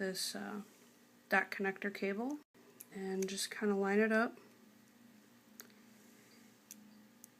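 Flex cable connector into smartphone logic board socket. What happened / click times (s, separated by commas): The connector is being lined up but has not yet seated / none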